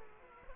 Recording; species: mosquito wingbeat signal from an infrared sensor; Culex quinquefasciatus